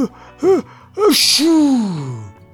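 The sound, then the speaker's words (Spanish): A voice acts out a fish's sneeze: a couple of short, rising gasping breaths build up, then a loud, hissy burst explodes and trails off into a long, falling vocal tone. “Y tampoco contaba con que el señor pez, que apenas se hubo tragado el huevo, tropezó con un alga y le entraron unas ganas terribles de estornudar.”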